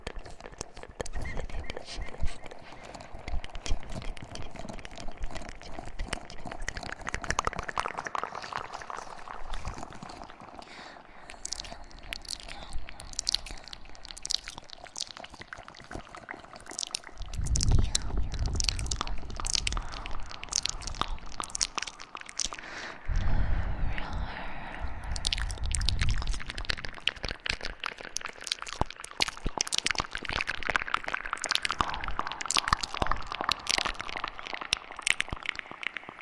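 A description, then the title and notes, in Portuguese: Mouth sounds for ASMR with an echo effect: dense, rapid clicks, smacks and wet pops stream on without a break, with a soft whispered murmur underneath. Around 17 and 23 seconds heavier, deeper thumps swell in, and the pace grows busier and louder afterward. ASMR com sons de boca e efeito de eco.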